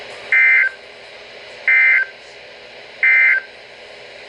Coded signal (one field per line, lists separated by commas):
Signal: Emergency Alert System (SAME) tones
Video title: Unexpected Severe Thunderstorm Warning - June 7, 2020 1:32 AM